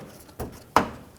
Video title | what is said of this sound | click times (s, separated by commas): How to Replace Front Bumper Cover Bracket 2003-2008 Toyota Corolla | Take the new one, put it in place here, make sure it clicks in, and | 0.8 s